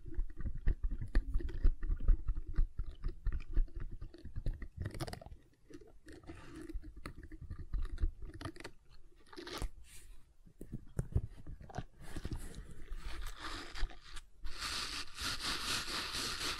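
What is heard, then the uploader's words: Gentle silicone sounds: soft squishing, tapping and crinkly clicks, irregular and low, with a brighter hissy rustle building near the end. ASMR Gentle Silicon Sounds for Sleep (No Talking).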